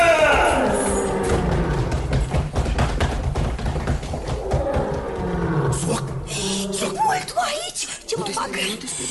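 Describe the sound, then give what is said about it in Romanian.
A tiger roars loudly in long, deep, rumbling bursts, then breaks into rougher snarls and growls toward the end. “Să vedem ce o să discute cu tigru.”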